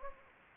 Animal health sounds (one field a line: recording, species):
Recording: mosquito wingbeat signal from an infrared sensor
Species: Anopheles gambiae